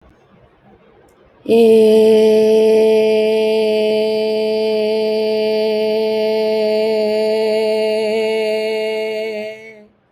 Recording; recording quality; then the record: sustained vowel as in made; excellent, no background noise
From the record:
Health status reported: healthy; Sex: female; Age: 28 years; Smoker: yes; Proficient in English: yes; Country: India